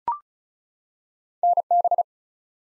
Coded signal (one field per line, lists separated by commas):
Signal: Morse code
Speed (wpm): 33 wpm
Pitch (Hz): 700 Hz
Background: none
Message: NB